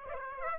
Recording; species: mosquito wingbeat signal from an infrared sensor; Aedes aegypti